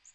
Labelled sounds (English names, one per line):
Magnolia Warbler flight call